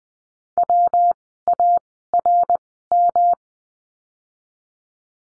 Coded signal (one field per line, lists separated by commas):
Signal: Morse code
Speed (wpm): 20 wpm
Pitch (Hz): 700 Hz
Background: none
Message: WARM